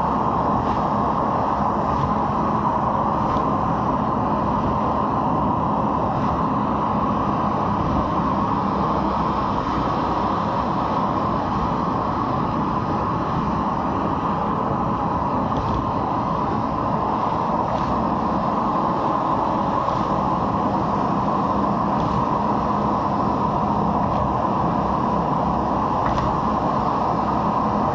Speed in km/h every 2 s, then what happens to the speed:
73, 74, 73, 72, 68, 66, 63, 62, 65, 67, 70, 72, 72, 73.
0-6 steady at about 73. 6-12 slows to 63. 12-28 speeds up to 73.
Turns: none.